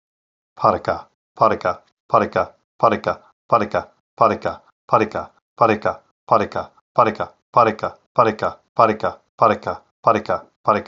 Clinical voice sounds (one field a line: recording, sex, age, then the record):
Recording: repeated syllables /pa ta ka/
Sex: male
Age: 50 to 59 years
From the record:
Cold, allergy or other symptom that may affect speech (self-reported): no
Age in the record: 53 years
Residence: Pennsylvania, United States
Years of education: 14